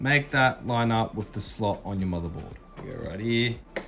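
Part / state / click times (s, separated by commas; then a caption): RAM module into motherboard DIMM slot / not seated / none. Someone talks while lining up the first RAM stick's slot key with the DIMM slot on a motherboard and pressing it in, with a brief sharp hit near the very end. The RAM has not clicked or seated yet.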